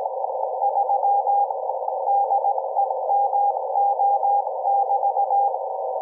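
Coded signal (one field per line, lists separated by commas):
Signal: Morse code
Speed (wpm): 18 wpm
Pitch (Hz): 800 Hz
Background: none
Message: 3 DEMO<BT>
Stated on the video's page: Radiation from a Raspberry Pi 4's unconnected ethernet port at harmonics of 125 MHz, received 12 m away.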